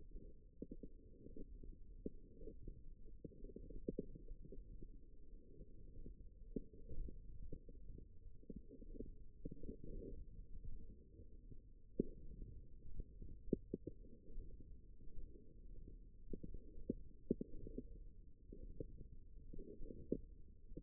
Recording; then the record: forearm muscle sounds (acoustic myography)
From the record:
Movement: wrist flexion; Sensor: system 1, eight BSWA MPA416 microphones around the upper forearm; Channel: 7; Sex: female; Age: 21 years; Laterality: right